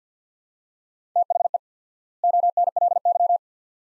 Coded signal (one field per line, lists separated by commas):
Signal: Morse code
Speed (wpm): 50 wpm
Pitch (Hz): 700 Hz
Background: none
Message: THE ONLY